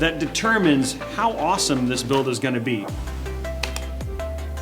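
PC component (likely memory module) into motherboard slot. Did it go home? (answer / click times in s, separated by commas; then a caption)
yes / 3.6 s. A PC component, most likely a memory module, is pushed into its motherboard slot during a build, with its click measured on a decibel meter. Someone talks over background music, then a sharp, solid single click comes at 3.6 s. The part seats firmly in place.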